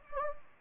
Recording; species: mosquito wingbeat signal from an infrared sensor; Anopheles gambiae